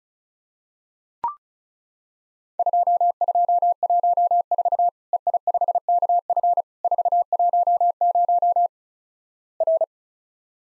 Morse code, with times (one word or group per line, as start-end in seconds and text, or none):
2.6-4.9 2214
5.1-6.6 EI5KF
6.8-8.7 410
9.6-9.8 R